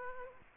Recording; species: mosquito wingbeat signal from an infrared sensor; Aedes aegypti